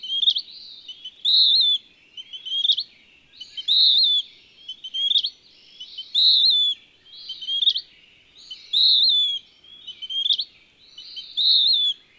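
Bird singing regular high warbled phrases alternating with sharp rising chirps, the pattern repeating roughly every two and a half seconds over a quiet background.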